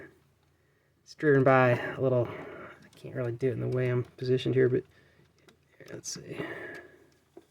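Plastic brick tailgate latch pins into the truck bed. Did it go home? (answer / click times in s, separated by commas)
no / none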